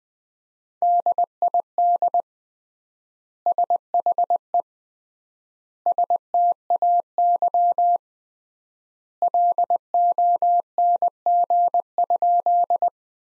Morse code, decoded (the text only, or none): DID SHE STAY LONG?